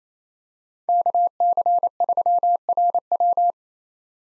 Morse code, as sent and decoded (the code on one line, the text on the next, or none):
-.- -.-. ...-- .-. .--
KC3RW